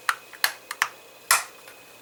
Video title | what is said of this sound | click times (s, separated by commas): Agora Models 1961 Jaguar XK-E Stages 8 - 15 | and then snap it down on top | 0.4 s, 1.3 s